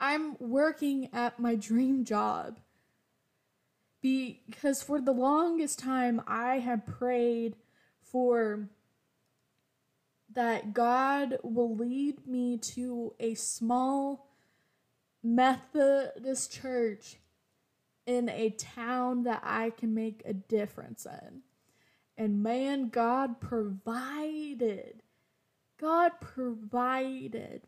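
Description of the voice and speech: An adult woman speaks in a steady, clear voice with stuttering: sounds are drawn out, words break off into silent blocks, long pauses interrupt phrases, and she repeats a phrase. She is a person who stutters, for whom speaking is scary.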